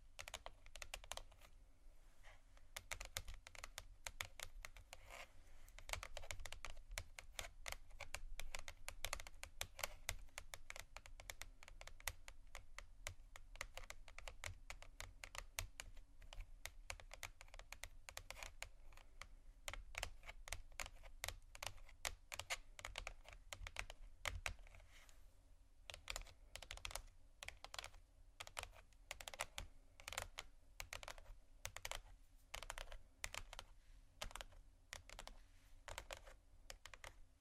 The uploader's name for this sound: tapping, water, scratching, glass, bamboo